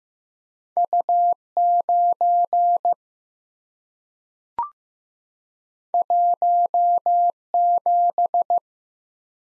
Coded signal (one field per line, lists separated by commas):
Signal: Morse code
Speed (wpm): 15 wpm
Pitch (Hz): 700 Hz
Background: none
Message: U 9 1 7